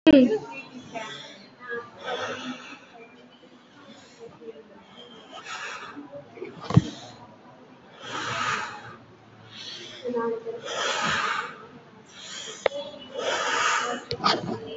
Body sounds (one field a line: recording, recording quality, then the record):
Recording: shallow breathing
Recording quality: excellent, no background noise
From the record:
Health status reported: COVID-19 positive, mild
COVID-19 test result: positive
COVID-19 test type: RT-PCR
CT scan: not taken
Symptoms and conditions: fever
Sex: male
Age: 52 years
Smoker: no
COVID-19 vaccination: none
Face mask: worn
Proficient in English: yes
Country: India